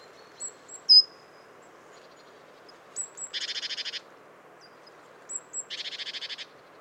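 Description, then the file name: Great tit: a few sharp high notes, then two rasping churr bouts of rapid pulses about two seconds apart, over low hiss. "Parus major"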